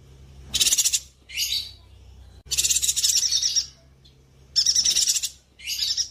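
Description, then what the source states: Streaked spiderhunter singing in harsh, buzzy rattling bursts, from about half a second to over a second long, separated by short pauses, with a faint low hum underneath. Bird-tutoring (masteran) song of a vigorously singing bird, clear and long.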